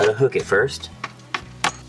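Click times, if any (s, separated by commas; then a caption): 1.4 s, 1.6 s. Someone talks as a tandem circuit breaker is hooked onto the rail and pressed onto the panel bus bar. After a softer tap near 1.0 s, it snaps home with sharp clicks at 1.4 s and 1.6 s, and the breaker is seated.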